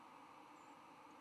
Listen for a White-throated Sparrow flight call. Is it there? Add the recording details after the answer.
yes. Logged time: 09:34 on 10 November 2014